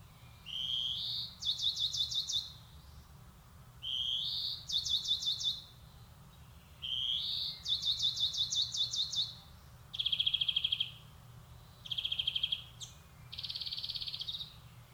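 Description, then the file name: European greenfinch song with short rising notes leading into rippling twitter phrases, then plain buzzy trills and a final nasal wheeze. "Chloris chloris"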